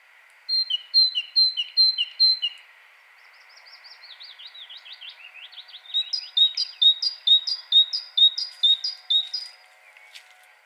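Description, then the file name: Great tit calls: a string of bright two-note phrases repeated quickly, then a run of fast slurred notes, followed by another rapid series of sharp doubled notes. "Parus major"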